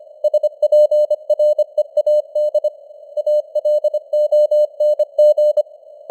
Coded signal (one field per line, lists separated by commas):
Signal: Morse code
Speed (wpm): 25 wpm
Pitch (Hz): 600 Hz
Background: none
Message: SPREAD ALONG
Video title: Morse Code News | 2025-12-09 | 25wpm